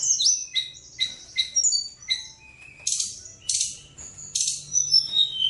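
Bird singing short high whistled phrases, then harsh buzzy bursts and squeaky chirps alternating with clear whistles.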